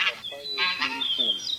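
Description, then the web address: Bean goose honking calls, a series of nasal, harmonic notes with some higher squeaky tones. "Гуменник Oca Granaiola"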